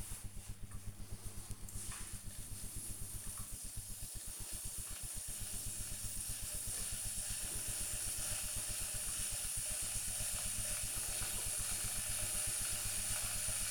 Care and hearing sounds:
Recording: household activities, microphone on the right wrist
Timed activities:
0.00-13.71 s: making tea

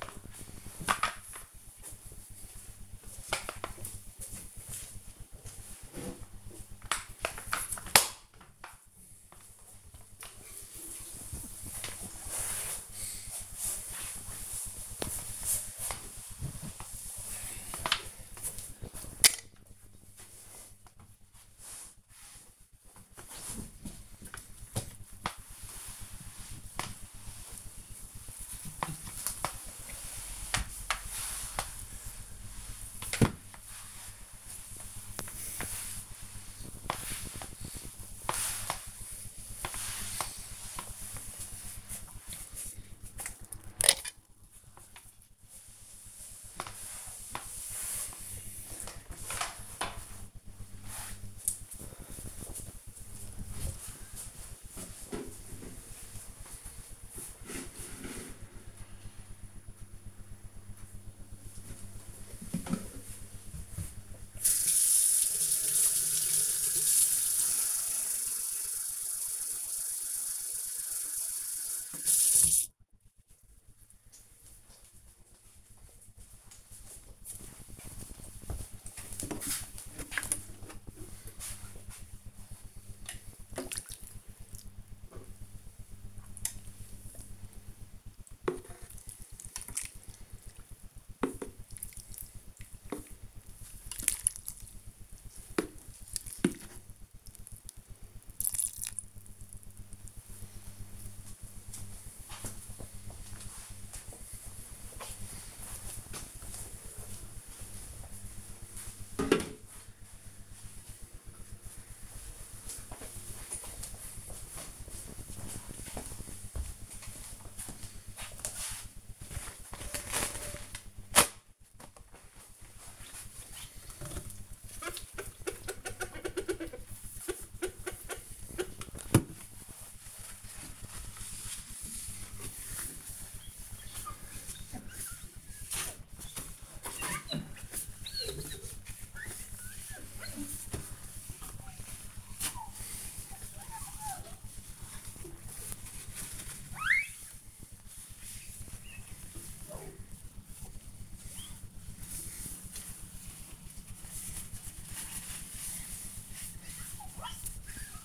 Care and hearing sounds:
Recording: household activities, microphone on the right wrist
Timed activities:
0.00-48.58 s: floor cleaning
61.65-101.85 s: watering plant
119.98-158.05 s: window cleaning

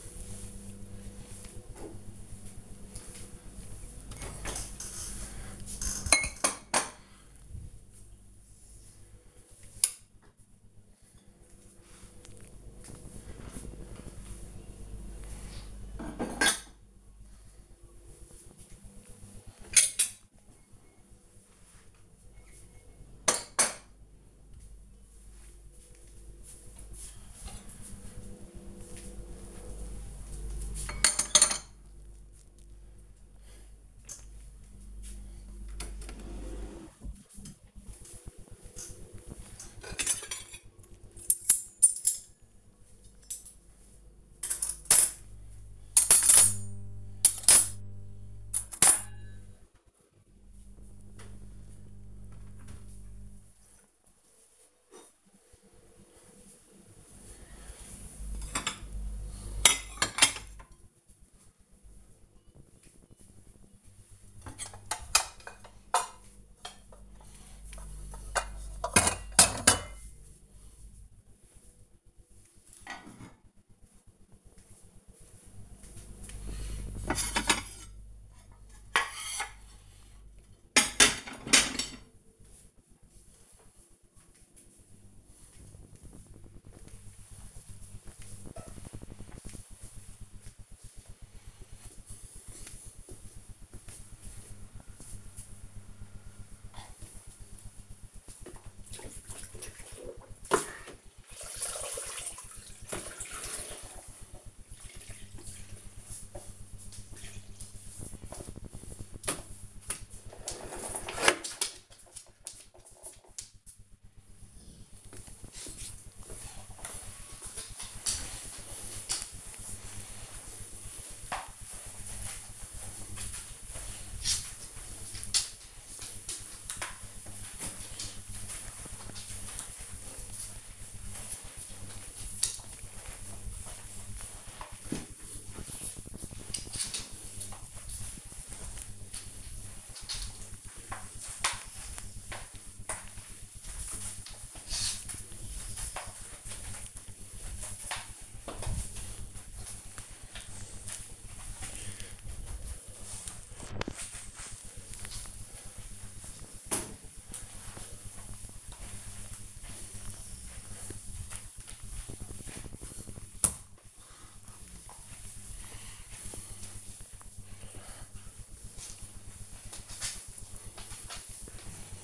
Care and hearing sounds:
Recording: household activities, microphone on the right wrist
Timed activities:
1.02-83.37 s: putting away the dishes
96.43-172.04 s: floor cleaning

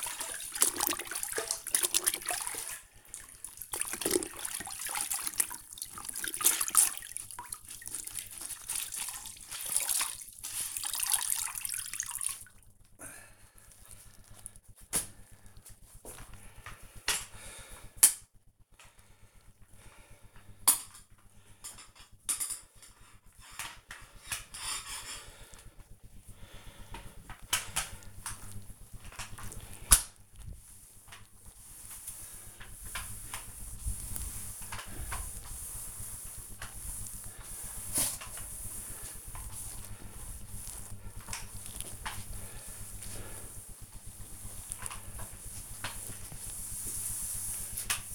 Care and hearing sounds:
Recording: household activities, microphone on the right wrist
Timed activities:
0.00-48.15 s: floor cleaning

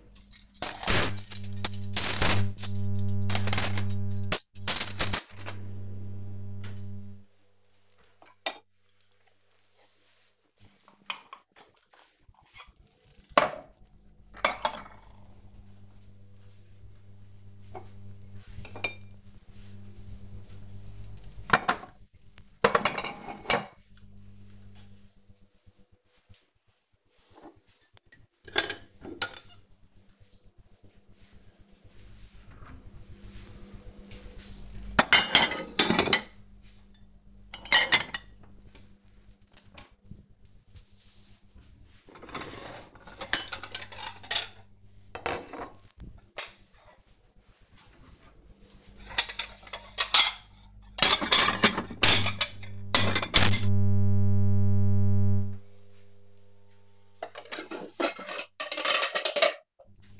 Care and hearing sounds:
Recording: household activities, microphone on the right wrist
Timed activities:
0.00-60.20 s: putting away the dishes

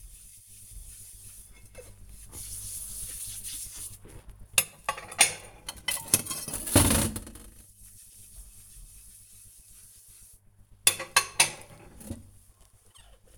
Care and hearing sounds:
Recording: household activities, microphone on the right wrist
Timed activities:
0.00-13.38 s: washing dishes

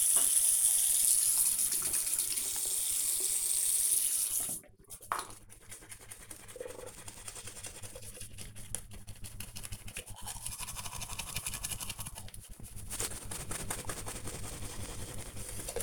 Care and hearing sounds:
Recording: household activities, microphone on the right wrist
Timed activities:
0.00-15.83 s: brushing teeth

